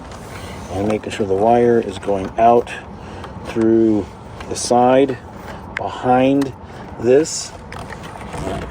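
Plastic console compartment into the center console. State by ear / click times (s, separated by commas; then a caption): not seated / none. A plastic center-console compartment on a 2021+ Tesla Model S or X is pushed back into the center console during a MagSafe 15W fast-charging phone mount install, with the charging wire routed out through the side behind it. Someone talks over faint handling sounds throughout. The compartment has not yet seated or clicked into place by the end.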